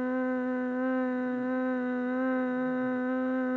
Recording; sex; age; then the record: sustained vowel /a/; female; 20 to 29 years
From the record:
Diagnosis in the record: healthy control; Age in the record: 28 years